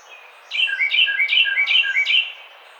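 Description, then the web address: Carolina wren song, a quick burst of five loud repeated rolling phrases, lasting almost two seconds. Recorded 18 April 2009. "Carolina Wren 2009 04 18"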